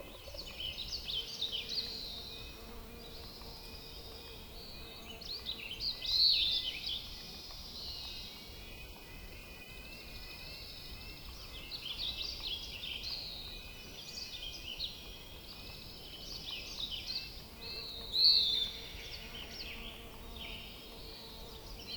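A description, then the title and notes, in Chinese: Wilderness dawn with a dense, steady chorus of high bird calls, two sharp brighter chirps near six and eighteen seconds, over soft low rumble. 千岛荒野的黎明_美国加利福尼亚。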